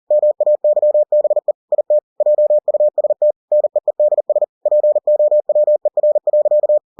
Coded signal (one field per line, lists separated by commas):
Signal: Morse code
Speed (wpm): 40 wpm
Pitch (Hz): 600 Hz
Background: none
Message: MAYBE IT JUST NEEDS POWER.